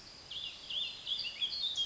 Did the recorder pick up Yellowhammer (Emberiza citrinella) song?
no